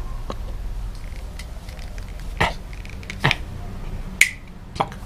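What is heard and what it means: A battery-powered Busch & Müller Eyro bike headlight is unlocked from its plastic handlebar mount by pressing the release. After a few quieter knocks and taps, a sharp plastic click at 4.2 s marks the latch opening, followed by a softer tap at 4.8 s. The headlight is released and ready to slide upward off the mount.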